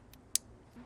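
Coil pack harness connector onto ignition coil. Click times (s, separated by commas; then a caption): 0.4 s. A plastic wiring harness connector is pressed by hand onto an ignition coil pack on a MK6 Volkswagen GTI/GLI. A faint tick at about 0.1 s is followed by one sharp, bright click at 0.4 s as the connector seats, then a quiet low hum.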